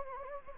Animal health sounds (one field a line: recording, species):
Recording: mosquito wingbeat signal from an infrared sensor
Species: Anopheles gambiae